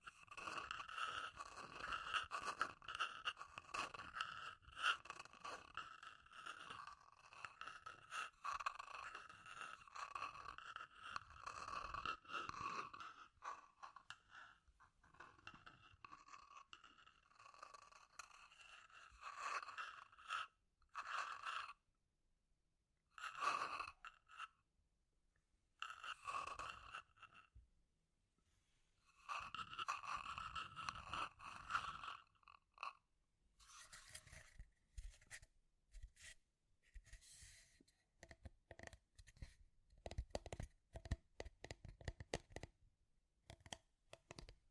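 Scratchy tapping runs in dense, rapid bursts of dry clicks and scrapes, fairly bright, heaviest through the first twenty seconds. After that it breaks up into shorter clusters separated by near silence, with sharper, sparser taps in the final ten seconds.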